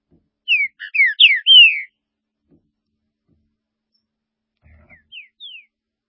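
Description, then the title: Green-winged saltator song: a quick phrase of four or five loud, slurred whistles, the last one longest and falling, followed after a pause by a few softer whistled notes. "Trinca Ferro"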